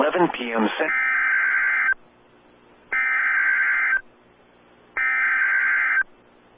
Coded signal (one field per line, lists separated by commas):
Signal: Emergency Alert System (SAME) tones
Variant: header bursts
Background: speech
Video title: EAS #92 Tornado Warning On NWR